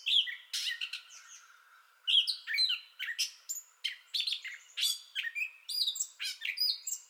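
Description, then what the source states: Gray catbird singing a fast, disjointed string of harsh squawks, chips and sweet whistled notes, pausing briefly around two seconds before resuming the varied medley. Entire song bout, 30 May 2021.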